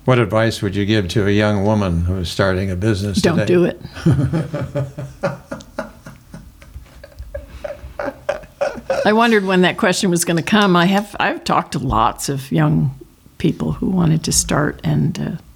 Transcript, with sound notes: What advice would you give to a young woman who is starting a business today?
“Don’t do it.” (Laughing) I wondered when that question was going to come. I have—I've talked to lots of young people who wanted to start and